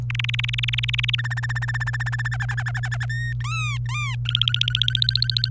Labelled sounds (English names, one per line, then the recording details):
Domestic Canary song
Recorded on 27 April 2018 at 10:28
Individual llb3